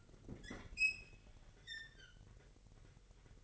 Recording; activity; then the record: daily activity, microphone in the room; open fridge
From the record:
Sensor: 4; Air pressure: 1002.8 hPa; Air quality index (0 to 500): 244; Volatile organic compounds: 18 ppm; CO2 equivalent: 2615 ppm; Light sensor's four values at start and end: 4/10/4/4 and 4/10/4/4